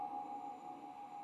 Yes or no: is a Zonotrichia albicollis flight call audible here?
no